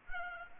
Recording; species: mosquito wingbeat signal from an infrared sensor; Anopheles arabiensis